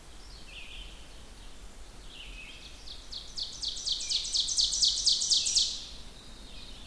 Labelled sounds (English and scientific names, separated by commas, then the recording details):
Ovenbird (Seiurus aurocapilla) song
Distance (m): 30 m
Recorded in boreal forest in Alberta, Canada, on 16 June 2016 at 05:48
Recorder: SongMeter 3, array SBT-3-32
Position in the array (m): 136 m, 3 m
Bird 36